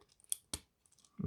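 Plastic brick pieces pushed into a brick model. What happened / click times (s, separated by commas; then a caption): Plastic brick pins click into place / 0.3 s. Plastic building-brick pins are pushed all the way through into a brick model until they click home. A sharp, bright click lands at 0.3 s, followed by a second snap near 0.5 s and faint rustling, then a low thump at the end. The pins are seated.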